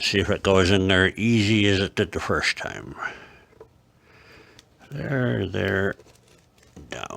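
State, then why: Partly seated. Someone talks while a broken plastic cover piece from a 1965 Suzuki K11 motorcycle is pressed back into the cover body during a glue-up repair, with soft handling noises in the pauses. A sharp snap is heard at 6.9 s as the piece almost snaps into place, but it does not fully seat.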